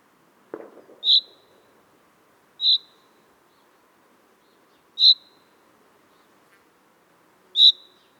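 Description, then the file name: Common chaffinch giving single sharp call notes, four in all, spaced about one and a half to two and a half seconds apart; a brief low thump near the start and a quiet hum throughout. "Fringilla coelebs"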